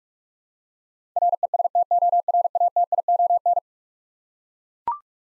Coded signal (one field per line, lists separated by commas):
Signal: Morse code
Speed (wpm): 43 wpm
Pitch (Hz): 700 Hz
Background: none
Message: RESTORATION